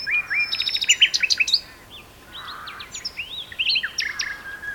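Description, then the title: Common nightingales exchanging phrases: fast repeated chirps and rattles, then rising whistled slurs and short buzzy notes. Two birds singing in a duet on Westleton Heath. "sanderson. nightingale duet on westleton heath"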